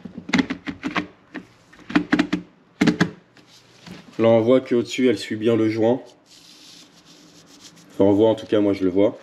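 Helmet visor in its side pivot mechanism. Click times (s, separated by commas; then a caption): 0.3 s, 2.1 s. The original visor, already mounted on a motorcycle helmet in its side pivot mechanism, is opened and closed, and its ratchet detent clicks audibly at about 0.3 s and 2.1 s, with further short clicks around them. It clicks into its detent positions on opening and closing, and then someone talks.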